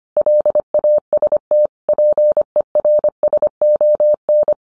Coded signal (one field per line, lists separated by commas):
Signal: Morse code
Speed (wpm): 25 wpm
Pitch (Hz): 600 Hz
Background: none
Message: LAST PERSON